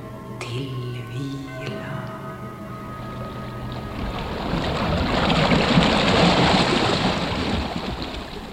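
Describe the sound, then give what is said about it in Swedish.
Ocean waves wash in a broad, hissing roar that swells louder midway through and then eases slightly, with a brief droning tone audible at the start. “Vi vågorna som vagga vindarna.”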